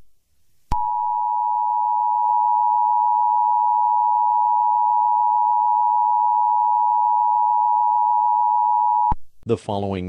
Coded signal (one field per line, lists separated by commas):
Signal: Emergency Alert System (SAME) tones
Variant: 853 and 960 Hz attention tone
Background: speech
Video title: eas scenario catemojibabyheat part 8